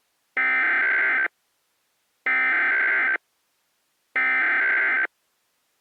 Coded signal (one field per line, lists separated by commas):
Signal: Emergency Alert System (SAME) tones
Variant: header bursts